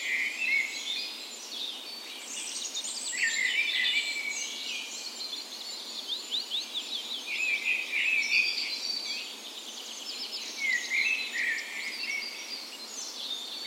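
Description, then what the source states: Birds: birds of many birds singing at once, overlapping whistles, trills and twittering phrases filling the high range without pause. Birds' birds in a park west in Bergen, Norway, on the morning of 17 May (National Day) in full spring; recorded with a Sony PCM A10 and LOM micro Usi microphones as tree ears.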